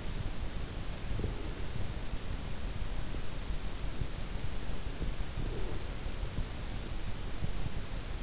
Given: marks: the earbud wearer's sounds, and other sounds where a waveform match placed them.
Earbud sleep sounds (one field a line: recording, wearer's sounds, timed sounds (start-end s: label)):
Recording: sounds in sleep by an in-ear microphone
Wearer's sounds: breath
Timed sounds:
1.14-1.80 s: breath
5.42-6.00 s: breath